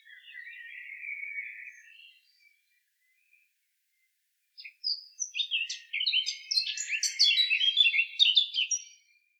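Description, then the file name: Eurasian blackcap song, beginning with a quiet warbling passage, a pause, then a louder warble of bright, varied notes. "chant fauvette a tete noire"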